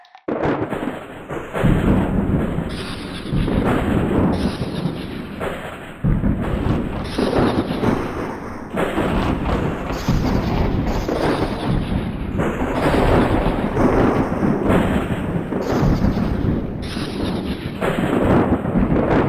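Thunder rumbles almost without pause, a heavy, deep roll that surges in waves every couple of seconds after a near-silent start. Sharper cracks punch through at intervals, with a brief lull near six seconds before the roar builds again, loud.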